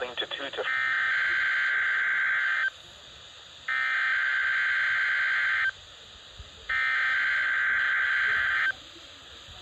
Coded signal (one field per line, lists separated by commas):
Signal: Emergency Alert System (SAME) tones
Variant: header bursts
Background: speech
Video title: EAS 139: Required Weekly Test for the week of October 18, 2021